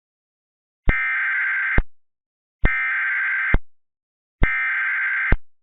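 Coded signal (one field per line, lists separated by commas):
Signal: Emergency Alert System (SAME) tones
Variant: header bursts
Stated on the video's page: Fictional EAS scenario with valid SAME tones.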